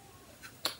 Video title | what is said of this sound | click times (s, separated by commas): Arpha Keyless Entry Door Lock Deadbolt Review | piece here so I'm going to slide that up into there till it clicks | 0.7 s